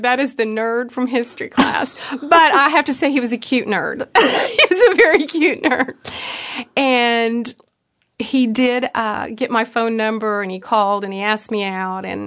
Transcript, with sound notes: That is the nerd from history class! But I have to say, he was a cute nerd! (laughter) He was a very cute nerd. He did get my phone number, and he called, and he asked me out.